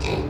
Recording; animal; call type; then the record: contact call of a hoofed animal; pig; closed-mouth grunt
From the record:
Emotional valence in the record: negative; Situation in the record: short social isolation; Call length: 0.30 s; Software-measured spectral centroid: 2110 Hz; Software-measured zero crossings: 1480 a second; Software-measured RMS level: -25 dBFS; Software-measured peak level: -12 dBFS